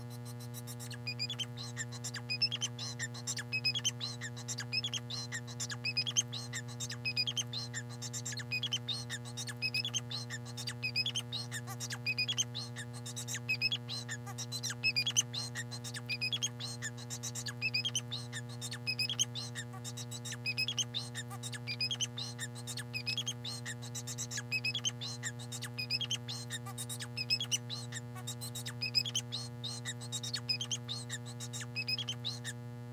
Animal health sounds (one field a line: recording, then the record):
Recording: song of a male Bengalese finch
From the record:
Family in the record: son of father 4